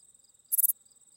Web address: The Songs of Insects. Texas Bush Katydid